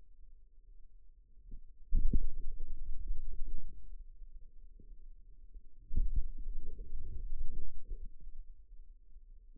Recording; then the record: forearm muscle sounds (acoustic myography)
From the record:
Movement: finger pinch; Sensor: system 2, bracelet of six BSWA MPA416 microphones around the upper forearm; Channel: 5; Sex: male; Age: 22 years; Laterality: right